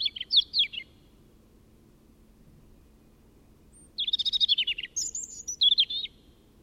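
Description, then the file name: European robin singing, a brief high thin twittering phrase at the start, then after a pause a fast trilled run followed by sweet high warbled notes. "Erithacus rubecula"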